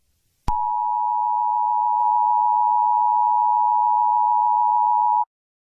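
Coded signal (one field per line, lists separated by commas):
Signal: Emergency Alert System (SAME) tones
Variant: 853 and 960 Hz attention tone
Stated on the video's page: Fictional EAS scenario.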